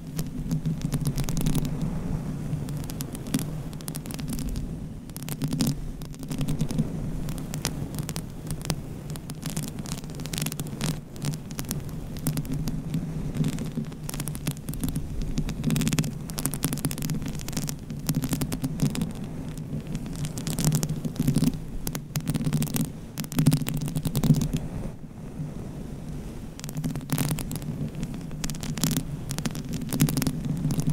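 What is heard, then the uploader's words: Scratching and brushing across a makeshift microphone cover. Rapid, dense scrapes and taps run throughout with little pause, over a constant low hum and throb. A few sharper knocks stand out around the middle and near the end. ASMR Mic Scratching - Tapping & Brushing on DIY Mic Cover. No Talking.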